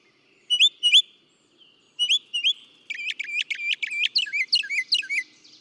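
Northern mockingbird song with paired clear notes, a pause, then quick repeated chips and varied slurred whistles in rapid succession.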